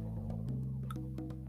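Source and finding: Abdomen. Stomach growling (borborygmi).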